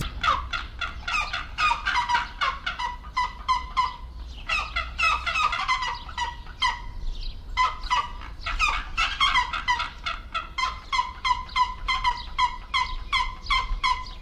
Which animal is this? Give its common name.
Pallas's Fish Eagle